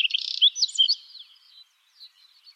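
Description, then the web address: Finch song: a quick buzzy trill runs into a few sharp, sliding chirps, then fades to faint twittering. "Vogelraetsel 3. Heidefink"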